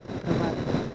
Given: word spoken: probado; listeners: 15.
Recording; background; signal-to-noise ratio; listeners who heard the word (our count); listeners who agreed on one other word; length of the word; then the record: one Spanish word in noise, from a listening test; noise modulated by three-talker babble; -5.7 dB; 0 of 15; 7 of 15; 0.55 s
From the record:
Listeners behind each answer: 7, 2, 1, 1, 1, 1, 1, 1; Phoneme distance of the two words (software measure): 17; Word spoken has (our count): 3 syllables, 7 phonemes, stress on syllable 2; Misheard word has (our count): 2 syllables, 6 phonemes, stress on syllable 2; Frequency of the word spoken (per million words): 10.51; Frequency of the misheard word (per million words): 19.71